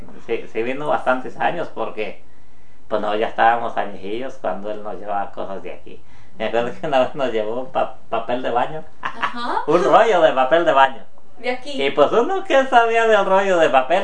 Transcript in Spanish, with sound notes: Sí, sí vino bastantes años porque pos nosotros ya estábamos añejillos cuando él nos llevaba cosas de aquí. Me acuerdo que una vez nos llevó papel de baño. (risas) Un rollo de papel de baño.
¿De aquí?
Y pues uno qué sabía del rollo de papel.